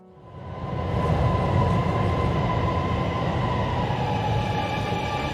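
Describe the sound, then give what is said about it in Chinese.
A Beijing Subway train runs with a steady, loud rumble that swells up in the first second, then holds a dense low roar with a faint high whine over it. “到了1969年10月1日，北京地铁一期工程建成通车，从而结束了中国没有地铁的历史。”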